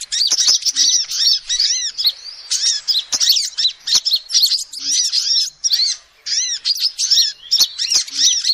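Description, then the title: Lovebird gives a rapid, piercing chatter of looping squeaks, pausing briefly now and then, with scattered sharp taps. Recording used as a lure to trap birds. "PIKAT BURUNG LOVEBIRD"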